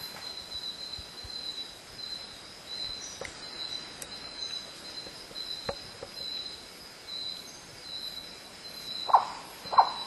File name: cinnabar hawk owl